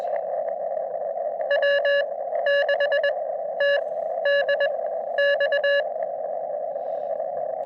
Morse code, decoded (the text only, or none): W6TDX